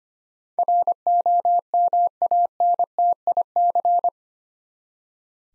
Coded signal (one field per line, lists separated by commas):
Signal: Morse code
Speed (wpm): 25 wpm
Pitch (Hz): 700 Hz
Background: none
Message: ROMANTIC